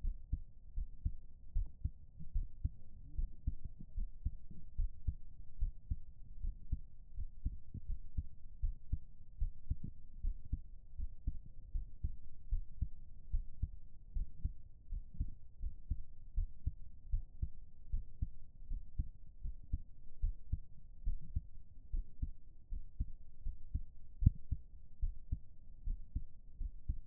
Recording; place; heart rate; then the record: heart sounds by stethoscope; pulmonary valve (PV); 75 bpm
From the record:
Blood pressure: 130/76 mmHg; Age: 27 years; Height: 165 cm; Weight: 55 kg